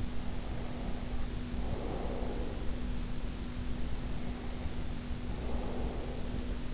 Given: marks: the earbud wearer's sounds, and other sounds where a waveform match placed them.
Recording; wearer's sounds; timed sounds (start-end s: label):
sounds in sleep by an in-ear microphone; breath
0.10-3.11 s: breath
3.74-6.72 s: breath